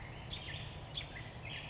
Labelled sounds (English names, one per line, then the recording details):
American Robin
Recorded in Sonoma County, California